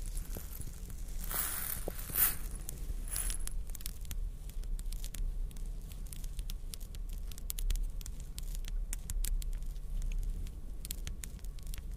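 Crystals, beads and jewels are tapped and scratched, making sharp little clicks scattered unevenly throughout. Early on, from about one to three and a half seconds, a denser bright rattling scrape swells up. A steady low rumble runs underneath the whole time.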